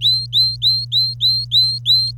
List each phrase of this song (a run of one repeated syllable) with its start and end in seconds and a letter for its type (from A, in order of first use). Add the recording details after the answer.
0.01-2.11 A. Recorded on 25 April 2018 at 06:02. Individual llb3